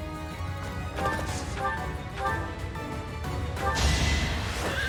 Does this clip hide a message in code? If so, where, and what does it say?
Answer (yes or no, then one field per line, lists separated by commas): no